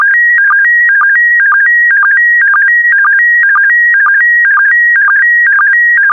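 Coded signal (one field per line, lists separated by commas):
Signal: SSTV (slow-scan television)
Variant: PD120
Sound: repeating warbling tone steps with short low blips, about twice a second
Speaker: The next image transmission will start in 10 seconds.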